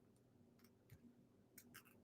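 A plastic zip tie's tail is threaded through its ratchet head and pulled, giving faint, short ratchet clicks at 1.6 s and 1.8 s over a quiet low hum. The zip tie ratchets closed and is seated.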